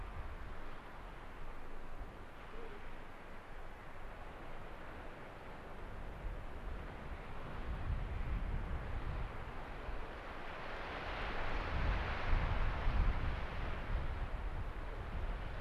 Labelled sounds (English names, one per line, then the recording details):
Arctic Fox
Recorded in the wild
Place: Insel Mednyi, Kommandeur-Inseln, RU
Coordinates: 54.5167, 168.083
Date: 1999-07-18 17:29
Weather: leichter Nebel, 7°C, mäßiger Ostwind
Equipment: Sony WM-D6C, Sennheiser ME 80, K 30 AV, Windkorb, Kopie Tascam DA 30
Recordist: Jakupi, Antje
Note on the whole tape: Südosten der Insel, Gerölltal: Bellstrophen aus dem untersten nordöstlichen Teil des Gerölltales. Tier nicht zu sehen. Zuvor bereits fünf Bellstrophen